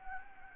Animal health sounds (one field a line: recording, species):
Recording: mosquito wingbeat signal from an infrared sensor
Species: Anopheles gambiae